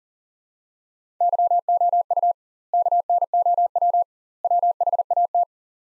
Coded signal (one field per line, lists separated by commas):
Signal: Morse code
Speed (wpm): 40 wpm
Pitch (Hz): 700 Hz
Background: none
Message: YOU KNOW WHAT